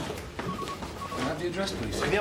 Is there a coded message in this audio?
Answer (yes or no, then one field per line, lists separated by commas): no